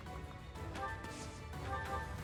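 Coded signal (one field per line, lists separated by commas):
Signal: none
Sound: game menu beeps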